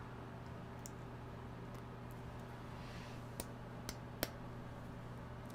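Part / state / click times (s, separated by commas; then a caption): 3D-printed plastic piece into its mating printed part / partly seated / 3.4 s, 3.9 s, 4.2 s. A 3D-printed plastic piece, the one with the line on it, is pressed into its mating printed part over a steady low background hum. Sharp snapping clicks come at 3.4, 3.9 and 4.2 seconds. The piece goes in only partway and does not fit right.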